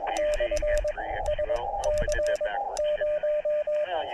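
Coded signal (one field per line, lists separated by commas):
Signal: Morse code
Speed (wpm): 21 wpm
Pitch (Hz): 590 Hz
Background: speech, radio noise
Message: /S C 0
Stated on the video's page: Summit activation (SOTA) on Hot Springs Mountain, California.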